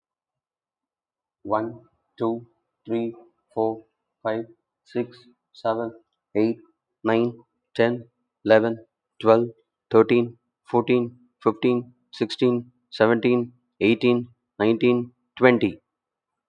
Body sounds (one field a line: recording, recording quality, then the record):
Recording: counting at a normal pace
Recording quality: excellent, no background noise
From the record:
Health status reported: healthy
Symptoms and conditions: none ticked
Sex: male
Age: 47 years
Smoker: not ticked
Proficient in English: yes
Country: India